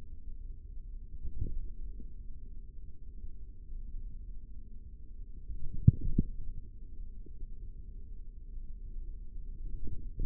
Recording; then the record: forearm muscle sounds (acoustic myography)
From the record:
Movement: forearm pronation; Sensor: system 3, bracelet of six PUI Audio POM-2738L microphones around the upper forearm, with dedicated amplification and filtering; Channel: 3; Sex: male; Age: 55 years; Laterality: right